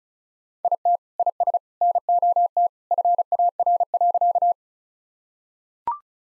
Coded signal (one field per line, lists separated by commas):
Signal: Morse code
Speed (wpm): 36 wpm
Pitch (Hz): 700 Hz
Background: none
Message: IT IS NOT FAR.